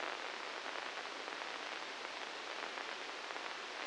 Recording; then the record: brain microelectrode recording played as sound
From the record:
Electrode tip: inside the subthalamic nucleus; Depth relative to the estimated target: -1 mm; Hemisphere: right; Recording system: NeuroSet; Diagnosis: Parkinson's disease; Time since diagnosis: 19 years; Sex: female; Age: 69 years